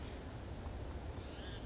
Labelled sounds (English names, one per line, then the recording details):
California Towhee
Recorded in Sonoma County, California